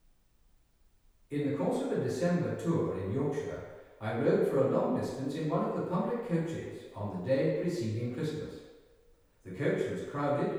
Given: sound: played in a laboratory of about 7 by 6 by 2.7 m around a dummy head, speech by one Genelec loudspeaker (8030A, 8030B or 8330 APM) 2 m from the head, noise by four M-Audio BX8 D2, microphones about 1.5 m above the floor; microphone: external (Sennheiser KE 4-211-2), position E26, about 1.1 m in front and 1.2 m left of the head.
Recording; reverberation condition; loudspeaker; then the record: male speech in English; high; 120 degrees to the right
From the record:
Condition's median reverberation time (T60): about 1300 ms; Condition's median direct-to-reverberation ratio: about -4.0 dB